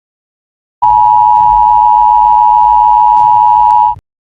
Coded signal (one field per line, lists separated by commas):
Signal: Emergency Alert System (SAME) tones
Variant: 853 and 960 Hz attention tone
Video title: EAS Scenario 2ND